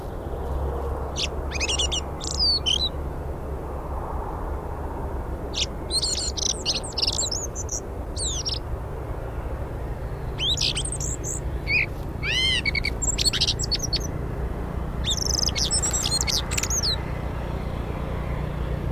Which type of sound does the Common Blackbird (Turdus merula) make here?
song